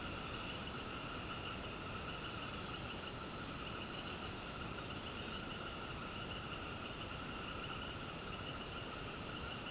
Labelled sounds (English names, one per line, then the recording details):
none
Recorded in pastures near Puerto Asís, Putumayo, Colombia, on 21 March 2025 at 18:30
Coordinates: 0.486, -76.323
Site G075